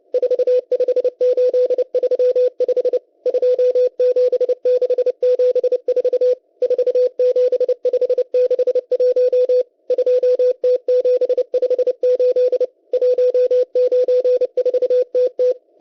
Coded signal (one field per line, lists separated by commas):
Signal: Morse code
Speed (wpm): 30 wpm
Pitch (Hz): 500 Hz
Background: none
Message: 45835 27674 47561 2T758 194TT